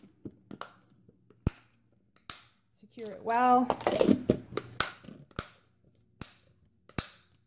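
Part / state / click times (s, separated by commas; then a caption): locking clips of a plastic food container lid onto the container body / seated / 4.8 s, 5.4 s, 6.2 s, 7.0 s. The plastic locking clips of the lid on an insulated food container from a Pinnacle Insulated Leakproof Thermo Lunch Kit are pressed down one after another onto the container body, with light taps and clicks early on while someone talks briefly. The clips snap closed very nicely with sharp clicks at 4.8, 5.4, 6.2 and 7.0 seconds, and the lid is securely seated.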